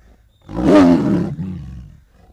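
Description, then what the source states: Tiger giving a single deep, harsh roar that swells and then fades into a low growl. Growling interspersed with roars.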